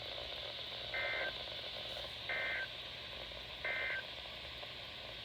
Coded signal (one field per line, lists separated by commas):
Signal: Emergency Alert System (SAME) tones